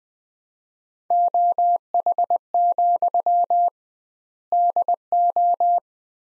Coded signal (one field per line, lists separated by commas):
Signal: Morse code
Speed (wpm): 20 wpm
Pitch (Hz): 700 Hz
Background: none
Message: OH, DO